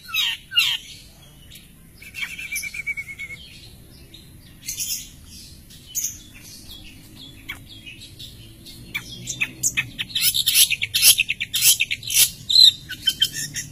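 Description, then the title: Long-tailed shrike song starting with scattered high notes and quiet gaps, building into a dense chattering phrase of rapid sharp notes over the last few seconds. "Cendet"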